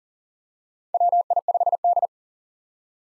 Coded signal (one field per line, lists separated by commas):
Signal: Morse code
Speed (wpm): 40 wpm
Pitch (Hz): 700 Hz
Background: none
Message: WI5D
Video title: 2023 POTA Activator Call Signs - 40wpm